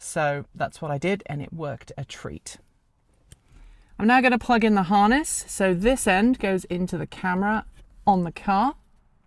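A wiring harness plug is handled at the front windshield camera connector of a 2017 Chevrolet Bolt EV while someone talks, with two faint, brief ticks near 3.1 and 3.3 seconds during a pause. The plug is not yet pushed home, and nothing has seated or clicked yet.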